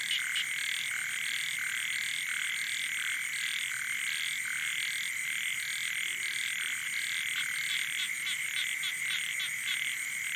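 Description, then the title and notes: Frogs and toads: frogs calling together in a thick, continuous chorus of clicking croaks and buzzy trills, with a constant high whine running underneath. Night chorus on the shore of Boeng Thum lake, Cambodia, around 23:00 on 12 December 2018, as human noise gives way to wildlife. "Soirée aux batraciens - Cambodge. 12 décembre 2018 Sur le bord du lac "Boeng Thum" vers 23h00 au moment ou le silence des hommes laisse place au monde sauvage"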